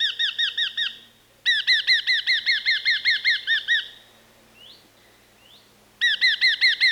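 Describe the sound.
Eurasian hobby giving sharp, rapidly repeated arched calls: a short burst, a longer run, then a fresh burst after a quiet gap.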